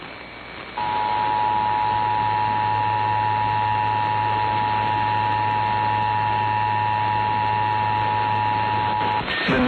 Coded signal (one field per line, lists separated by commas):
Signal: Emergency Alert System (SAME) tones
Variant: 853 and 960 Hz attention tone